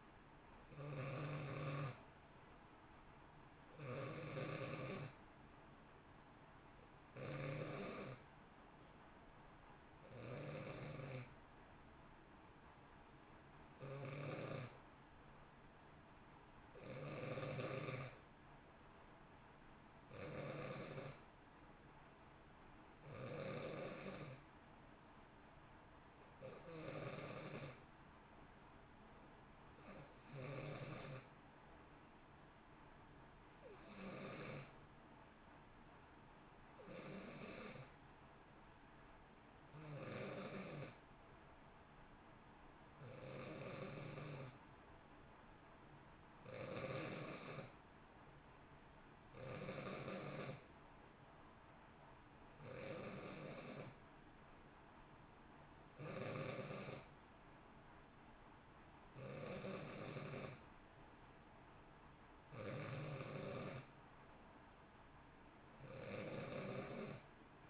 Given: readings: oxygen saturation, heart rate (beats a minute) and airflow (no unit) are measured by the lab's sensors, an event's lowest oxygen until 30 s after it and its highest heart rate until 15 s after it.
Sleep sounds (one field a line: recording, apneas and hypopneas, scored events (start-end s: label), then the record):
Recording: breathing in sleep by a voice recorder at the bedside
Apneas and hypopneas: none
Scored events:
22.00-52.00 s: new sleep stage, N1 (lightest sleep)
52.00-67.70 s: new sleep stage, N2 (light sleep)
From the record:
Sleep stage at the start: N2 (light sleep)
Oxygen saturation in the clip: 89 to 91%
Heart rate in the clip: 57 to 64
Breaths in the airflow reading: 22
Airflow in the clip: -0.9 to 1.5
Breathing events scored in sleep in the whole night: 328 in 6.3 hours asleep